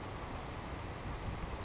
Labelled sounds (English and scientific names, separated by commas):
Savannah Sparrow (Passerculus sandwichensis)